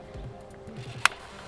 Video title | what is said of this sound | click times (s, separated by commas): Golf Mk4 R32 oil level upgrade, oil temperature sensor retrofit. Full detailed DIY guide + ColorMFA | so you can hear it click. | 1.1 s